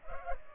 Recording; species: mosquito wingbeat signal from an infrared sensor; Culex pipiens